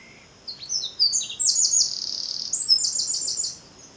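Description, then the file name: Eurasian wren song: a loud, rapid outpouring of high, shrill notes and fast trills lasting about three seconds, with a steady faint hiss behind. "Troglodytes troglodytes"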